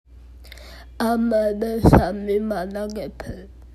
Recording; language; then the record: elicited speech; Bengali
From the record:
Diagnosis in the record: Broca's or global aphasia after a stroke